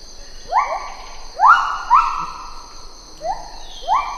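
Lar gibbon giving several loud whooping notes, each swooping quickly upward then holding steady, spaced by short pauses, with a constant high drone behind.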